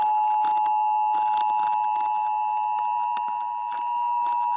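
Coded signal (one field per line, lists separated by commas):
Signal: Emergency Alert System (SAME) tones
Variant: 853 and 960 Hz attention tone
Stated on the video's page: Weather radio alerts.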